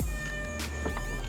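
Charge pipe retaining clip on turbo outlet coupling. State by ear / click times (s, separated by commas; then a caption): not seated / none. The charge pipe retaining clip on the turbo outlet coupling of an Evolution Racewerks charge pipe is pressed in while the pipe is wiggled during installation on a 2013 BMW 335i xDrive (F30, N55). Faint handling rustles sit under steady background music, with short soft bursts of noise around 0.6 s and 0.9 to 1.0 s. Nothing has seated or clicked yet.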